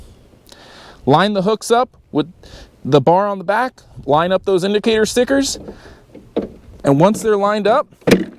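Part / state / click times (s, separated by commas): front frame hooks latching onto rear frame bar of a mobility scooter / not seated / none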